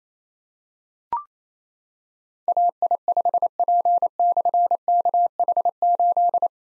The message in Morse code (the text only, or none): AI5P/KH8